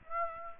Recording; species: mosquito wingbeat signal from an infrared sensor; Aedes aegypti